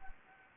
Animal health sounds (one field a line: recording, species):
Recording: mosquito wingbeat signal from an infrared sensor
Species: Anopheles gambiae